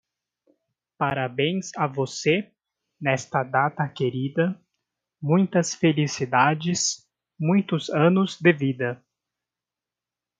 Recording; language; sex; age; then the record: short text; Brazilian Portuguese; male; 20 to 29 years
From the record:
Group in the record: control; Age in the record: 20 years